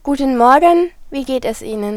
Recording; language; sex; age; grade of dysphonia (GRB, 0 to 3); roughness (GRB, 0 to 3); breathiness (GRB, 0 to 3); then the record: spoken sentence; German; female; 20 to 29 years; 1; 1; 0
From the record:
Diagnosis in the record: healthy voice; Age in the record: 23 years